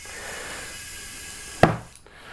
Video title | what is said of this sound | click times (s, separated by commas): How to change a Onewheel tire (The right way!) | that's a nice one oh nope that's just a false set that first one that was not actually set so | 1.6 s